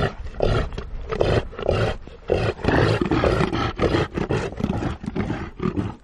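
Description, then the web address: Reindeer roar: a rapid run of deep, rough grunts in uneven bursts, with short pauses between groups. "tonakaino pao xiao"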